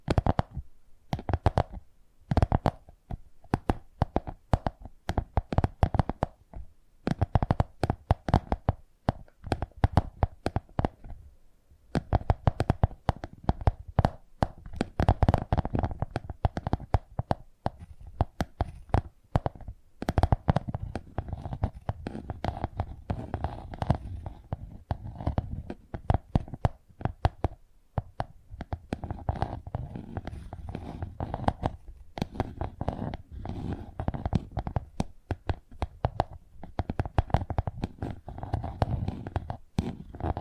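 Tingly tapping sounds go on throughout, dense and irregular, with quick clusters of sharp taps and brief pauses, notably near 11 seconds. The taps have a low, hollow body with crisp bright edges, and no other sounds come through.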